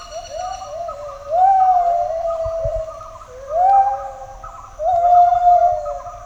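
Gibbon duet with several long rising, wavering hoots, softer quick bubbling notes filling the gaps between them.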